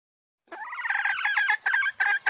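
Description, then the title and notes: Junglefowl call: a long harsh sustained note that breaks into short raspy clucking bursts, with a short silence before it. Female junglefowl; used as a lure to attract wild junglefowl. "Pancingan Ayam Hutan Betina. Suara Ayam Hutan Betina. Pemikat Ayam Hutan"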